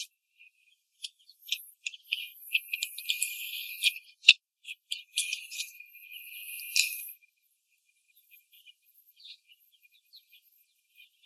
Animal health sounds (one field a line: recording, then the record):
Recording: young laying hens in a cage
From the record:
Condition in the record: after the stressor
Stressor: simulated dog barking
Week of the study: 2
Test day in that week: 2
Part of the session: 1